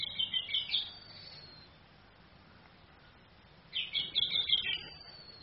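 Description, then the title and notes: Orange-headed thrush sings two quick, high trilling phrases separated by about three seconds of quiet hiss. Female; used as a tutor to train other songbirds. "ANIS KEMBANG BETINA CAS DENGAN LAYAR HP. Masteran Anis Kembang"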